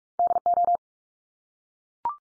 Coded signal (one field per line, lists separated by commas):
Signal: Morse code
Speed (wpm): 44 wpm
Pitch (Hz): 700 Hz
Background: none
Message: DO